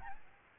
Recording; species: mosquito wingbeat signal from an infrared sensor; Aedes albopictus